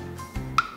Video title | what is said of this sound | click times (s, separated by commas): How to Open Jars Easily // Tip Tuesdays with Angel Wong | and you should hear the pop that's when the seal is broken making it | 0.6 s